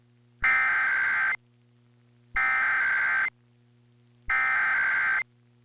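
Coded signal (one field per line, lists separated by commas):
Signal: Emergency Alert System (SAME) tones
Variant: header bursts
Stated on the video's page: EAS Required Monthly Test.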